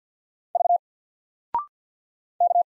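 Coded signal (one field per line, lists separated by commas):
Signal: Morse code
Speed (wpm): 49 wpm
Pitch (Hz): 700 Hz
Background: none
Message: V K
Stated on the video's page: Single letters sent in Morse at 50 wpm for instant character recognition, each sent, spoken after a 0.6-second pause, then sent again.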